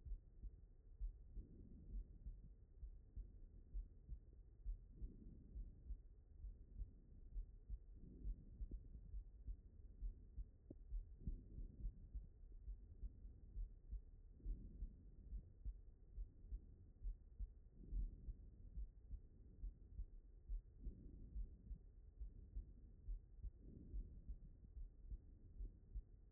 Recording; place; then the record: heart sounds by stethoscope; aortic valve (AV)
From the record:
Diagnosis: non-HFrEF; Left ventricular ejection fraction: 74%